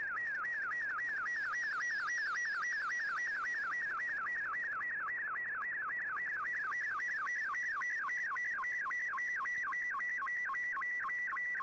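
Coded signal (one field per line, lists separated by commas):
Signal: SSTV (slow-scan television)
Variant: Scottie 2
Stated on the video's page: Shortwave Radiogram broadcast on 15770 kHz with SSTV images, received on an Icom IC-R8600; signal mostly clear.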